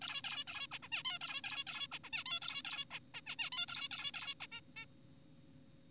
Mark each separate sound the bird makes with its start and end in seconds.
0.02-0.22, 0.24-0.44, 0.47-0.67, 0.72-0.78, 0.83-0.89, 0.92-1.03, 1.05-1.19, 1.21-1.41, 1.44-1.64, 1.67-1.87, 1.92-1.99, 2.04-2.10, 2.13-2.24, 2.26-2.40, 2.42-2.62, 2.65-2.85, 2.92-2.99, 3.14-3.20, 3.27-3.36, 3.39-3.50, 3.52-3.66, 3.68-3.89, 3.91-4.12, 4.14-4.34, 4.41-4.47, 4.52-4.61, 4.77-4.85